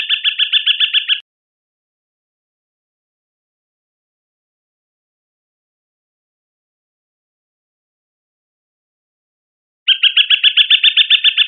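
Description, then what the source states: Flycatcher chattering in quick, regular clipped notes: a short burst at the start, a long quiet gap, then another rapid run near the end. Recorded in Costa Rica.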